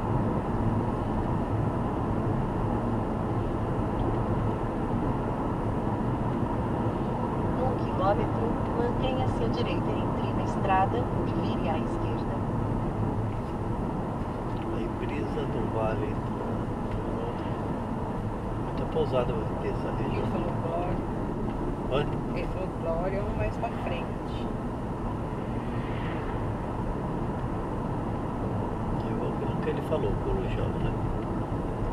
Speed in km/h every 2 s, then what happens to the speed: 83, 83, 83, 82, 80, 77, 75, 73, 74, 74, 65, 65, 69, 73, 73, 73.
0-20 slows to 65. 20-26 speeds up to 73. 26-32 steady at about 73.